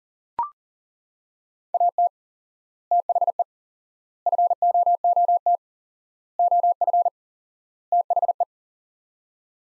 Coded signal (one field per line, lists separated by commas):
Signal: Morse code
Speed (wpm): 40 wpm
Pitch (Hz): 700 Hz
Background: none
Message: AT THE FOOT OF THE